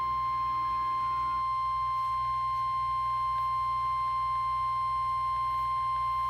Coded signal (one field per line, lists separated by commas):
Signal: Emergency Alert System (SAME) tones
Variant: 1050 Hz attention tone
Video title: Another KWO35 SMW (EAS #256)